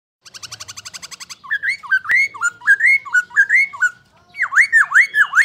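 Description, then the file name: Black-throated laughingthrush opening with a fast dry chatter, then a series of ringing whistled notes that rise and fall, ending with several loud swooping whistles. "Pterorhinus chinensis"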